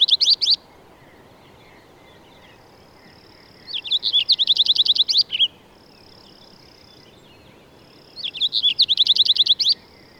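Bird singing repeated high trills of fast sharp notes, three phrases roughly every four seconds, with a faint thin whistle-like tone between phrases.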